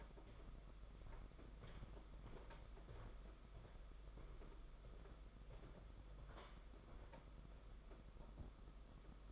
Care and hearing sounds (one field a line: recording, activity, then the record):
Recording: daily activity, microphone in the room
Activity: walk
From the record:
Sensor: 5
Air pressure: 991.8 hPa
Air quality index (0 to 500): 161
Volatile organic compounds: 314 ppm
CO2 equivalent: 4511 ppm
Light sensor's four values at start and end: 32/108/40/43 and 32/108/40/43